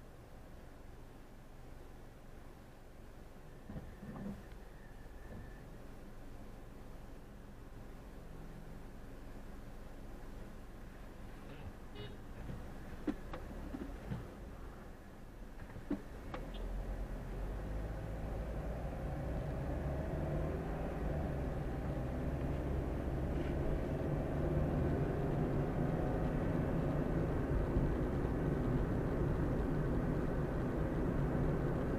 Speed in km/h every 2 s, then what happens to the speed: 0, 0, 0, 0, 0, 0, 2, 2, 5, 13, 21, 27, 33, 39, 41, 43.
0-15 standing. 15-32 pulls away to 43.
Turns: none.